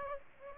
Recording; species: mosquito wingbeat signal from an infrared sensor; Aedes aegypti